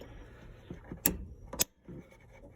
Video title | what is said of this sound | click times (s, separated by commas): 4G ECLIPSE GS FUEL PUMP REPLACEMENT (2006 TO 2012)#4g69 #mitsubishi #diy #67thbpsc | I know y'all heard it pop, so that means that's in. | 1.1 s